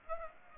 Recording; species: mosquito wingbeat signal from an infrared sensor; Aedes aegypti